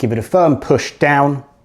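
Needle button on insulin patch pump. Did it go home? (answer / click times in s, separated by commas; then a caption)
no / none. Someone talks while preparing to give the plastic needle button on a Nano insulin patch pump with EasyPatch, lying flat on a table, a firm push down to its half-pressed position. Nothing has clicked or seated yet.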